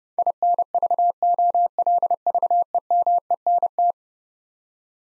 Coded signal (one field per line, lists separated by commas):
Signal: Morse code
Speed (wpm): 29 wpm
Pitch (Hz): 700 Hz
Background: none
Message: INVOLVEMENT